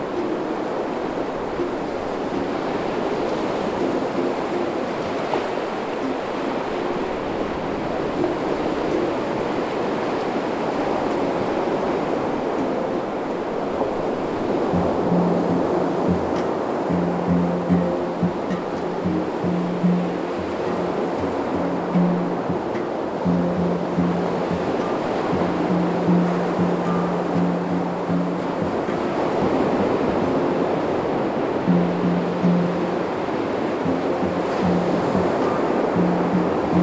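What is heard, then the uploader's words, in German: Wild sea waves roll in a dense, steady roar that holds an even loudness throughout. Soft, low handpan notes ring underneath, faint at first and then repeating more clearly from about the midpoint in sustained, evenly spaced tones. Atlantikwellen. Wellen der wilden See werden mit Entspannten klängen der Handpan begleitet. Handpan gespielt in f-Moll von nowbianco.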